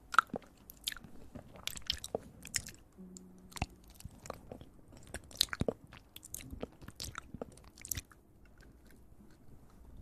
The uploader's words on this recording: Relaxing Ear Eating.